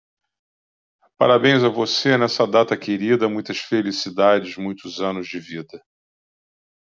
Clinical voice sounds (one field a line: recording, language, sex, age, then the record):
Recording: short text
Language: Brazilian Portuguese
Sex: male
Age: 50 to 59 years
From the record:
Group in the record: control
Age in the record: 59 years